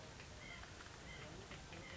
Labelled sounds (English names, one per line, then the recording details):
White-breasted Nuthatch
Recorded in Sonoma County, California